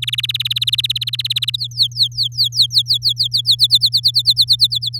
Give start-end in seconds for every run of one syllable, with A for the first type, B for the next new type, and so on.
0.02-1.56 A, 1.58-3.55 B, 3.59-5.00 C